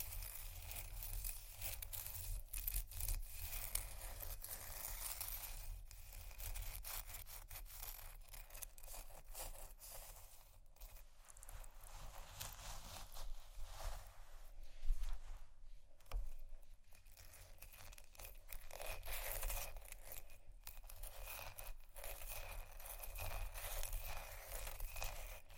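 Ice is scratched and scraped in a continuous, gritty rasp that runs the whole length, brightest in the upper range, with a steady low rumble underneath. Short taps and clicks break through irregularly, with one sharper knock around fifteen seconds.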